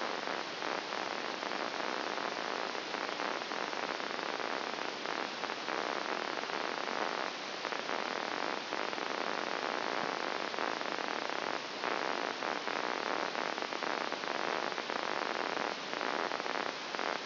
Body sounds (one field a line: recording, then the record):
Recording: brain microelectrode recording played as sound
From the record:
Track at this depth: outside the subthalamic nucleus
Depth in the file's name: 2.076 mm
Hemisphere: left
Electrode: 2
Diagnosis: Parkinson's disease